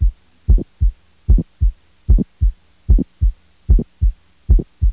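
Regular adult heartbeat at about 75 beats a minute with two distinct sounds per cycle. The first sound comes as a close double thump, followed by a single, softer second sound. A faint low hum runs underneath.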